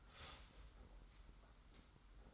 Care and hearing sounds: daily activity, microphone in the room; start toaster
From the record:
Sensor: 3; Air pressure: 991.6 hPa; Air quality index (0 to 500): 182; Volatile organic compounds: 1000 ppm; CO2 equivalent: 6079 ppm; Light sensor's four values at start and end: 41/116/47/41 and 41/116/47/41

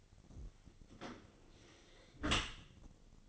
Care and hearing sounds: daily activity, microphone in the room; close dishwasher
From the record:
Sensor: 4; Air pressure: 1003.9 hPa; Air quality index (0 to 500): 152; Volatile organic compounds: 2 ppm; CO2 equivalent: 1081 ppm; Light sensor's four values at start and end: 20/48/20/21 and 21/50/21/22

